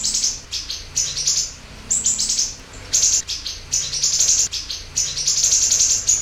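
Siri-siri song of very high, thin chirps and short buzzy bursts, delivered in rapid clusters with brief pauses between them.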